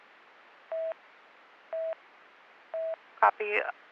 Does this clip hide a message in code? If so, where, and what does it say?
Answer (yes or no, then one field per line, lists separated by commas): no